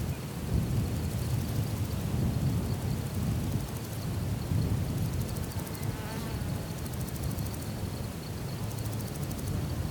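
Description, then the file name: Insects buzzing in a thin, steady high whine that runs throughout, above a dense low rumble, with a brief rising squeak near the middle. Countryside ambience, Texas, USA. "felix blume ambience countryside insects birds texas usa"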